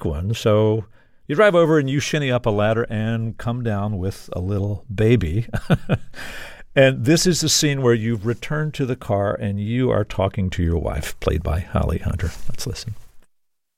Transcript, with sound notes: So you drive over and you shinny up a ladder and come down with a little baby (laughter). And this is the scene where you've returned to the car and you are talking to your wife, played by Holly Hunter. Let's listen.